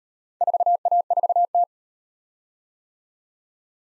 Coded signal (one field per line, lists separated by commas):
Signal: Morse code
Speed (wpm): 36 wpm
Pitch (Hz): 700 Hz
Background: none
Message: 4A4T